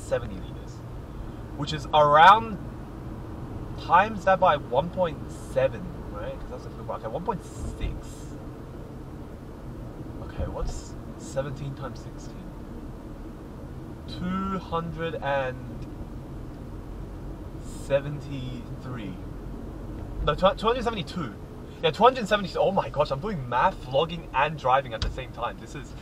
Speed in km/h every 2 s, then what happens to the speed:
40, 41, 43, 44, 45, 43, 41, 39, 41, 41, 43, 42, 40.
0-8 steady at about 43. 8-13 slows to 39. 13-26 steady at about 41.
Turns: none.